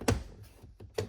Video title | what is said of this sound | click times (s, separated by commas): LED Factory Mart - ABS Material Front Door Storage Side Box for 2021-2025 Ford Bronco | So then here now once you get this snapped back in just like so | 0.1 s, 1.0 s